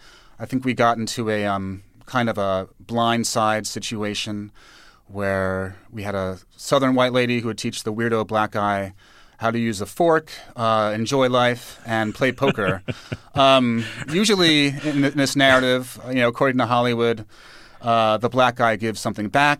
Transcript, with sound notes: I think we got into a kind of "Blind Side" situation, where we had a Southern white lady who would teach the weirdo black guy how to use a fork, enjoy life and play poker.
(Laughter).
Usually in this narrative, you know, according to Hollywood, the black guy gives something back.